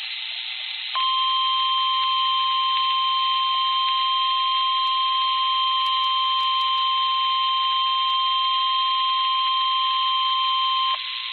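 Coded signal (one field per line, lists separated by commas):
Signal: Emergency Alert System (SAME) tones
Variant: 1050 Hz attention tone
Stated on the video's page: Flash Flood Warning received from a stream.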